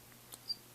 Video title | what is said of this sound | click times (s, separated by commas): Smith & Wesson Tactical Pen REVIEW | could pop it on the back and it clicks right in not | 0.3 s